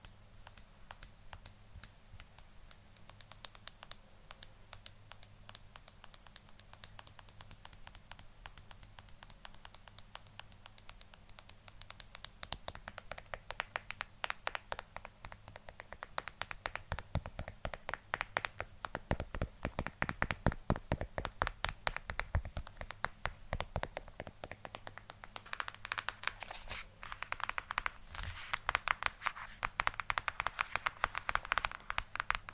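ASMR tapping: rapid, crisp taps on a hard surface run continuously for the whole clip, dense and fairly regular. The taps are bright and clicky, with a short busier, softer stretch around 13–15 seconds and a low steady hum underneath.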